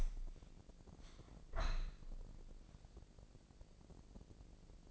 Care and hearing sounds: daily activity, microphone in the room; open window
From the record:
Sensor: 5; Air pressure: 1012.4 hPa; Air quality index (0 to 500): 158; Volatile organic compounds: 2 ppm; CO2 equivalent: 1071 ppm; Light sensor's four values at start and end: 109/262/111/123 and 108/261/110/122

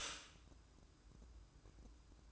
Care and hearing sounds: daily activity, microphone in the room; stop toaster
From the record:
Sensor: 2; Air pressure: 1006.9 hPa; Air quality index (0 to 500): 44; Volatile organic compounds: 1 ppm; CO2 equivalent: 551 ppm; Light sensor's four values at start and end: 7/15/6/7 and 7/15/6/7

